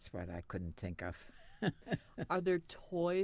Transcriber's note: she laughs